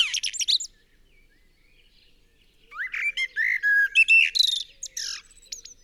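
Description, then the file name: Common blackbird song: a high twittering flourish fades out, then after a pause comes a full phrase of low fluted whistles that ends in shrill, squeaky notes. "Turdus merula"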